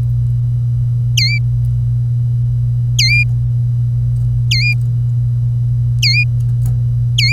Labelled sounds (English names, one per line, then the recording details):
Domestic Canary song
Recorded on 25 April 2018 at 08:29
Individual llb3